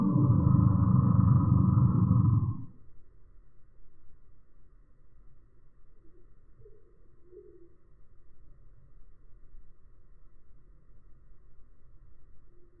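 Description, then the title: Eurasian bullfinch threat call slowed to a deep, growling roar, then near silence with faint low noise. Male threatening at a feeding station while perched on the recordist's hand held out a window; other birds wait until bullfinches leave; 8x slow motion, smartphone. "Gimpel channelt seinen inneren Tyrannosaurus Rex (8-fache Zeitlupe)"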